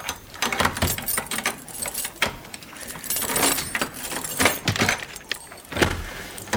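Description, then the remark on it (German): Metallic keys jangle and clink in bursts, followed by scraping and clicking as a key works a lock, with sharp rattles throughout and no talking. “Aber er hat wenigstens den Schlüssel zurückgelassen.”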